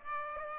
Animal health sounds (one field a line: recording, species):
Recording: mosquito wingbeat signal from an infrared sensor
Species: Aedes aegypti